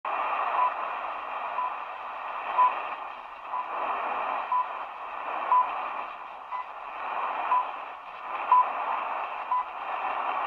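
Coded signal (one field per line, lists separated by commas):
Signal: radio time signal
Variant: HCHD-2 Ecuador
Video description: Locutor en Castellano: " Al Oír el Tono Serán las 0 horas, 42 minutos 0 segundos ", Beeps.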